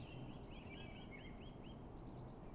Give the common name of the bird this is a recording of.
Common Blackbird